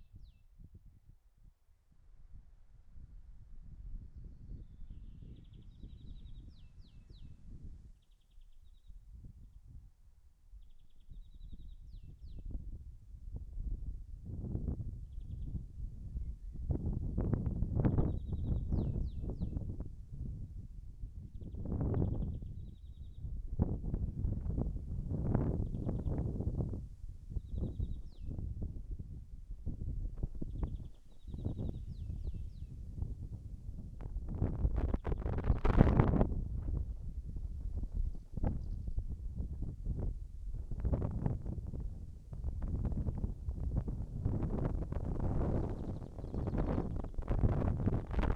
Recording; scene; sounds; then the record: everyday scene through a hearing-aid microphone; wind on the microphone; wind, birds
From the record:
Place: in front of a rural house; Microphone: behind the ear, right, rear